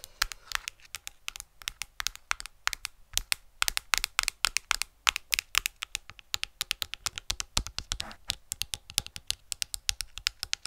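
Tapping fills the whole stretch: a rapid, uneven stream of sharp clicks, several each second, with brief pauses and occasional bursts of quicker taps. The hits are crisp and bright, like fingertips or nails on a hard surface, over a faint low hum.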